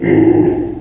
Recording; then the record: squeal of a Yucatan mini pig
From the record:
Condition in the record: before surgery on the right vocal fold (resection and tissue-engineered implant); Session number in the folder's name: 1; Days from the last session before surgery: -21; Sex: female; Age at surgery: 19 weeks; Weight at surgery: 25 kg